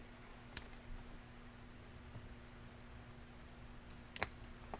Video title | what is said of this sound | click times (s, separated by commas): Fixing Deere Coupler Leaks | And it pops into place. | 4.2 s